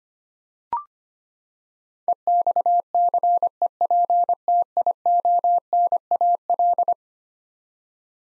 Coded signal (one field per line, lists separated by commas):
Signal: Morse code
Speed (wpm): 25 wpm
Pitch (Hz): 700 Hz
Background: none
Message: EXCEPTIONAL